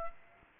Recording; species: mosquito wingbeat signal from an infrared sensor; Aedes aegypti